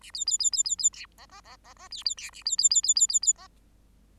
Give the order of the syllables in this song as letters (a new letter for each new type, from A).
A B B B B B B C D D D D D B B C A B B B B B B B D